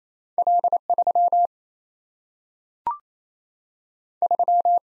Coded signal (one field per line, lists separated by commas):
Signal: Morse code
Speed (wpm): 28 wpm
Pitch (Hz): 700 Hz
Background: none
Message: L3 3